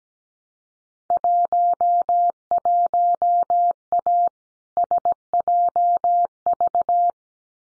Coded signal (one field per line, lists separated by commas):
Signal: Morse code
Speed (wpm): 17 wpm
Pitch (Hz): 700 Hz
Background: none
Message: 11A SJV